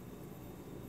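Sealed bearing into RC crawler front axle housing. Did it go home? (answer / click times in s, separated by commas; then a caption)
no / none. A sealed bearing is being pressed down from the inside into the plastic front axle housing (AR44) of an Axial SCX10 II Jeep Cherokee XJ RC crawler, meant to be pushed until it clicks. Only a steady, even broadband hiss with low rumble is heard, with no distinct transients. The bearing has not seated or clicked yet.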